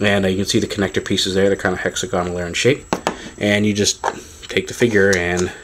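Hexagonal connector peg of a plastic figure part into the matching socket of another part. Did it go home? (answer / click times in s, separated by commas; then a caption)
no / none. Someone talks while handling plastic DC Universe Collect-n-Connect Kilowog figure parts, lining up a hexagonal connector peg on one part with the matching socket of another to build the larger figure, with faint handling noises under the voice. Nothing has seated or clicked yet.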